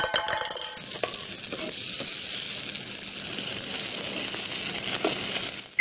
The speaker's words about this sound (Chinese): 煎啲肥糕出嚟啊嘛！